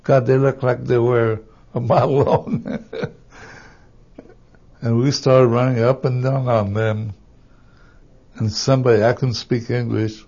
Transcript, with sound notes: God, they looked like they were a mile long. (he laughs) And we started running up and down on them, and somebody, I couldn't speak English,